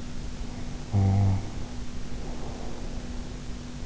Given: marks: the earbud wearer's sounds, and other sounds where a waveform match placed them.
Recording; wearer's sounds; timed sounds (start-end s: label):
sounds in sleep by an in-ear microphone; snoring breath
0.31-3.48 s: snoring breath